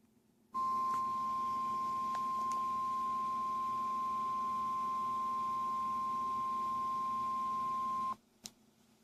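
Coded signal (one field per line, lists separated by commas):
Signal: Emergency Alert System (SAME) tones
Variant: 1050 Hz attention tone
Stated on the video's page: Required weekly test from a weather radio transmitter, relayed over cable TV by Mediacom equipment and also heard on radio.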